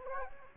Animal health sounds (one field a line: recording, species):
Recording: mosquito wingbeat signal from an infrared sensor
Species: Culex quinquefasciatus